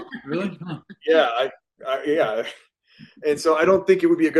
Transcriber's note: laughs